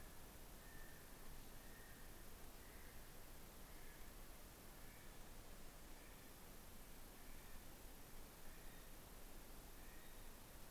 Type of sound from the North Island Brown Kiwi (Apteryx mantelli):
male call